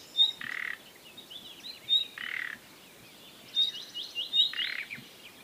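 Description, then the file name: Common nightingale calls: sharp high whistles alternating with three broad rasping croaks, plus some twittering and a short rattling trill. "Luscinia megarhynchos"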